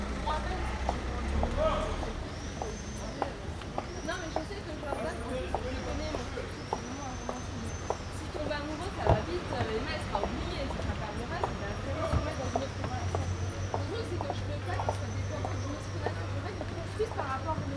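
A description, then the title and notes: Pedestrians talk as they pass along a city street, with several voices overlapping. Footsteps click sharply and steadily throughout, and a low engine hum rumbles underneath, with faint high squeals recurring in the background. Paris, September. Talking pedestrians on Rue du Roi de Sicile.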